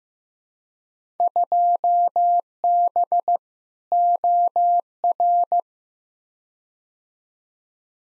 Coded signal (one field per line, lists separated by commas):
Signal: Morse code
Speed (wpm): 15 wpm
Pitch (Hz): 700 Hz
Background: none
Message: 2B OR